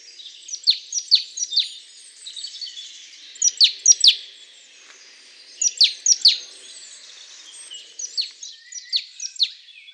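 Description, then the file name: Great tit calls: bursts of three to five sharp, high, downslurred notes, separated by short pauses. "Parus major"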